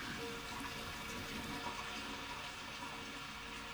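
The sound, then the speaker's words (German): Toilet water rushes and trickles in a steady, even wash of noise for a few seconds as a woman wipes small splashes from the toilet rim, with no voices and no clear breaks, fairly soft overall. “Die Wallebusenfrau wischt die kleinen Spritzer vom Toilettenrand”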